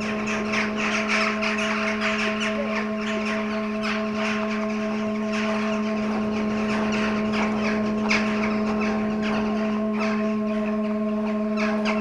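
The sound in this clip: Crows cawing in a dense chorus of harsh, overlapping calls that continue throughout, over a steady mechanical hum.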